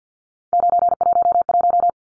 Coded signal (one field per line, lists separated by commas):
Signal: Morse code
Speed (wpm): 50 wpm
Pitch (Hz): 700 Hz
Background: none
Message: 911